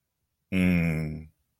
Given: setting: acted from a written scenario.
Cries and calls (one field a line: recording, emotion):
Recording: vocal sound without words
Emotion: contentment